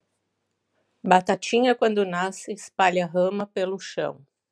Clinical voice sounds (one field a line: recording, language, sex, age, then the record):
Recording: short text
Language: Brazilian Portuguese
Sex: female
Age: 50 to 59 years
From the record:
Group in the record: control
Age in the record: 58 years